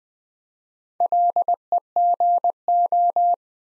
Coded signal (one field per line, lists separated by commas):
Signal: Morse code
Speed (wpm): 20 wpm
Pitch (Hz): 700 Hz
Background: none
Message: LEGO